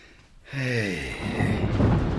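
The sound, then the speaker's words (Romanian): A brief falling, groan-like tone gives way to a low, sustained rumble of thunder from a terrible storm coming over the sea, swelling and holding steady for a couple of seconds, heavy and broad. “Vine o furtună groaznică pe mare.”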